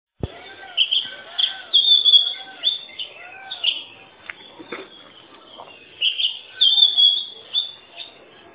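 Oriental magpie-robin giving varied whistled song phrases, with softer arching lower notes repeating in the background.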